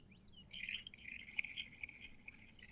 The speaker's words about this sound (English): Sounds like a chaffinch.